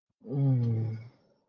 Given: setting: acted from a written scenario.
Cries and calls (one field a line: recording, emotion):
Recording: vocal sound without words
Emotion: desire